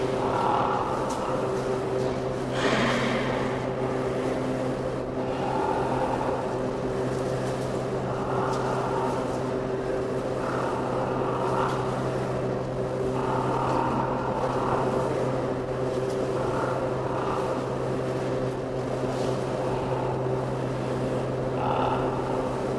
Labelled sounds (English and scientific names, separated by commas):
Philippine Duck (Anas luzonica) call